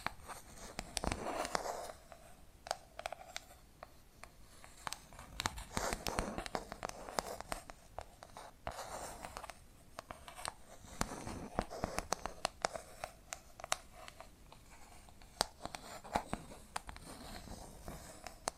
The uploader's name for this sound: Hypnotic Tapping and Scratching Sounds